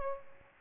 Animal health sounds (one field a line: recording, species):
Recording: mosquito wingbeat signal from an infrared sensor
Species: Aedes aegypti